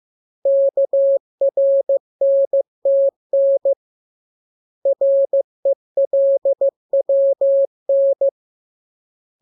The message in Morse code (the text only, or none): KRNTN RELWN